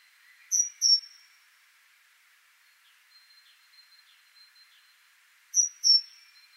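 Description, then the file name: Great tit calls: two sharp, high notes with a thin trailing tail, repeated about every five seconds, with a faint steady whine and soft chirps between. "Parus major"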